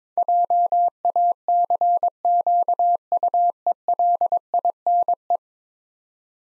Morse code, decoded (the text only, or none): JACQUELINE